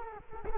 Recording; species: mosquito wingbeat signal from an infrared sensor; Culex quinquefasciatus